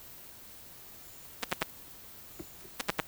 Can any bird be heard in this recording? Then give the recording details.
no. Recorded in dense forest near Puerto Asís, Putumayo, Colombia, on 19 February 2024 at 11:30. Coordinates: 0.505, -76.324. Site G6467